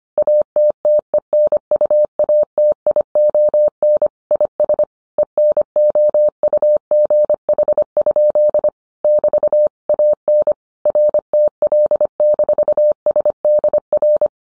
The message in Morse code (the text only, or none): ATTENUATION IS ENOUGH? <BT> AN RTL-SDR